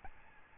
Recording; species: mosquito wingbeat signal from an infrared sensor; Aedes albopictus